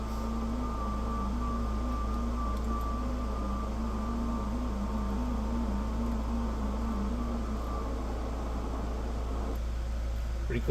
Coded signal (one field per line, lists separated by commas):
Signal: FT8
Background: speech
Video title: 10m ham radio ft8 working great